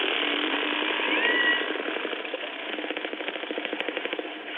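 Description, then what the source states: Orca clicks repeating quickly and unevenly, with a short whistle early on over a broad underwater hiss. Group of orcas that herded herring and hunt them together while feeding, chattering and clicking a lot; played recording.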